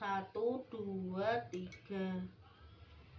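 Someone talks while handling a CPU cooler push pin that is about to be pressed into the motherboard. Only the voice is heard, with no tick. Nothing has seated or clicked yet.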